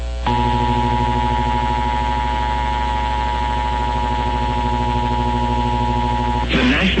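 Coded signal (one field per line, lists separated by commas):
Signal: Emergency Alert System (SAME) tones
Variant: 853 and 960 Hz attention tone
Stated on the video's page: SAME tones of a severe thunderstorm warning for Berkeley and Charleston, South Carolina, aired on WLVH.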